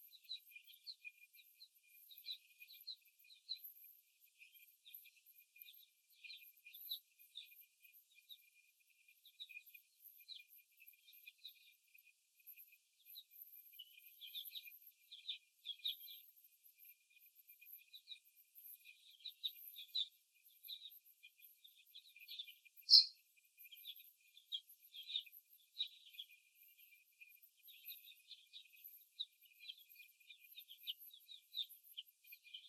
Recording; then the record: young laying hens in a cage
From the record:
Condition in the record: after the stressor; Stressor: simulated dog barking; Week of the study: 1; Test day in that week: 2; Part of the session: 4